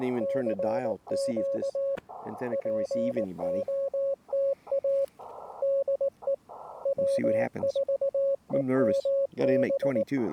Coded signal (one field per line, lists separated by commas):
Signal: Morse code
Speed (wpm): 19 wpm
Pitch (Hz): 550 Hz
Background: speech, radio noise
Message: CQ POTA DE W4EMB